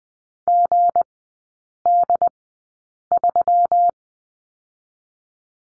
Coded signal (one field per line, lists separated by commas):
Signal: Morse code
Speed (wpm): 20 wpm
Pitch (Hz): 700 Hz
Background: none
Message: GD3